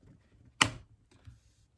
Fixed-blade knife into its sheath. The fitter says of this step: so like right when you clasp the knife back in you'll hear a little click